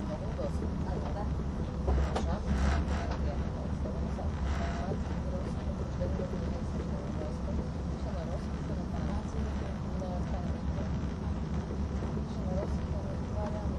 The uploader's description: the train on the Gotthard Tobasis Tunnel route